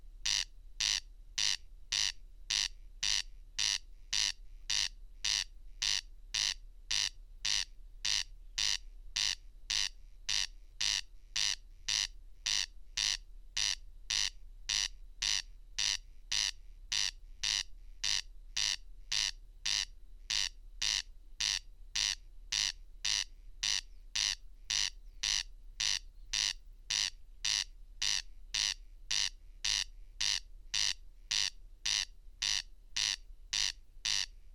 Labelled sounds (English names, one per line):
Corn Crake song